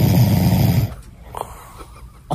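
An adult man snores in his sleep: a loud, deep, rumbling snore, likened to Darth Vader, followed by quieter breathing.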